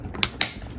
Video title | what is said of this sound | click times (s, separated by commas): OUTDATED VIDEO: Glue the Outside of the crack Instead (it actually works that way) | So this should be the easy part. It should just click | 0.2 s, 0.4 s